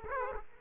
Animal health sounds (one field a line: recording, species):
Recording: mosquito wingbeat signal from an infrared sensor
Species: Aedes aegypti